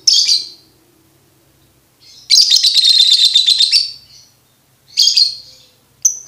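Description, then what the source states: Lovebird chatter: a brief shrill note, a long harsh buzzing rattle lasting over a second, then further scratchy bursts and a sharp chirp. Bird-tutoring (masteran) recording no. 2, played for birds to learn ngekek.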